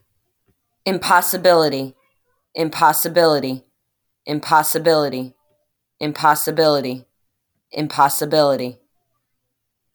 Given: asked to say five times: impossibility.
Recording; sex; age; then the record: repeated word; female; 40 to 49 years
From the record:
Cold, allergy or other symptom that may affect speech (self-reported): no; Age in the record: 40 years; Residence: New York, United States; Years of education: 12